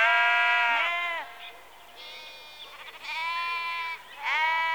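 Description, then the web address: Sheep bleating almost continuously with quavering calls. Sheep in a rural exterior atmosphere, early evening, recorded close. "Sound Effects Library (Exterior Atmospheres-Rural Backg) Sheep Early Evening- Close"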